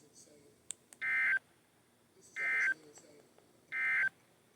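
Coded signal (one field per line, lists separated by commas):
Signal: Emergency Alert System (SAME) tones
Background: speech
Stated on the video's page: Central Ohio flood alerts, received on a weather radio; the flood watch lacked the 1050 Hz tone.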